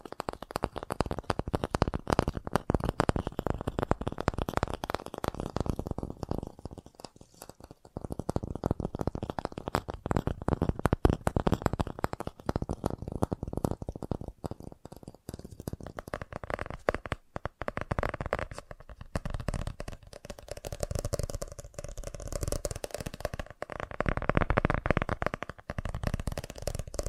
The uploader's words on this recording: FAST TAPPING (No Talking).